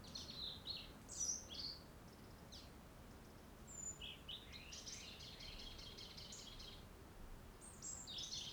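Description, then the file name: European robin singing high, tinkling phrases, with a longer jumbled warble in the middle and a high, scratchy phrase at the end. "Erithacus rubecula"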